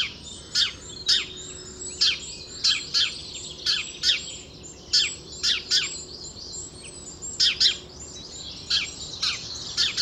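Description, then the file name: House sparrow giving a series of sharp chirps, roughly one or two per second, over constant high twittering. "Passer domesticus"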